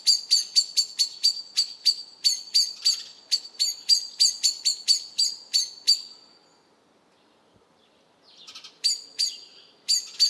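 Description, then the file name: Common blackbird giving rapid, sharp chinking notes for six seconds, then near silence, a soft rustle, and a few more chinks at the end. "Turdus merula"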